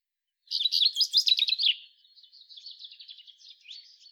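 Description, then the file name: Common chaffinch song: a loud, brisk trilled phrase of high notes ending in a drop, followed by a fainter, thinner phrase. "Fringilla coelebs"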